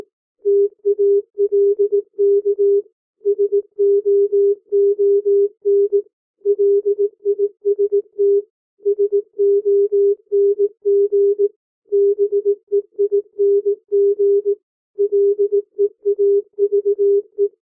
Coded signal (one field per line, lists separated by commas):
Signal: Morse code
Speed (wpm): 18 wpm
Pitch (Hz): 400 Hz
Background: music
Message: TALK SOON LIST SONG BEING LEAVE